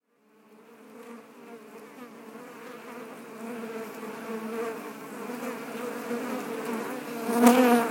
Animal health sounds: honeybee colony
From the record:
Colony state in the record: active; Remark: normal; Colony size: 10,000 bees

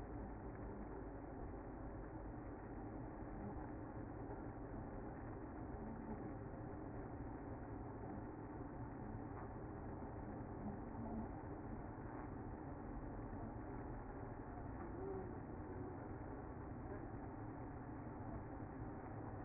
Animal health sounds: honeybee colony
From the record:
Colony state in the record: active

